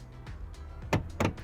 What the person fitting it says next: And you can hear when they lock into place as well.